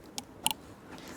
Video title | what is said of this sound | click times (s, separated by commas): How to Learn Pump Foiling with a Foil Drive | make sure to push the battery all the way in until you can see and hear the little click. | 0.5 s